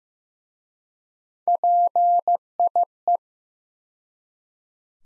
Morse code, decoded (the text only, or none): PIE